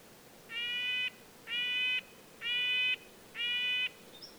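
Red-breasted nuthatch calling four drawn-out nasal, tin-horn notes at a steady pace of about one per second.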